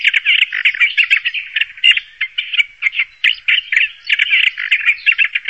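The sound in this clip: Bird calling in rapid, scratchy chirps packed together in quick irregular bursts through the whole stretch.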